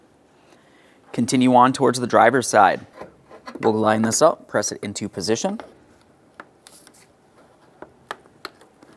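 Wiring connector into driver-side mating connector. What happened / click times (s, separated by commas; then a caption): Handled, not yet home: connector lined up but not yet latched / none. A plastic wiring connector is lined up and pressed toward its driver-side mating connector in the engine compartment of a 2010-2013 Ford Transit Connect during a radiator replacement. Someone talks from about 1.1 to 5.6 s, then brief faint ticks and rubbing handling sounds follow at about 6.4, 6.7, 7.8, 8.1 and 8.5 s. Nothing has seated or clicked into place yet.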